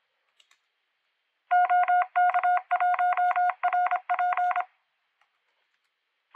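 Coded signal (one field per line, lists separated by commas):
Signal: Morse code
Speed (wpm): 26 wpm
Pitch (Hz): 720 Hz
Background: none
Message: OK1RP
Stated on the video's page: RufzXP callsign copy practice at 25-31 WPM in preparation for CQ WW CW contest.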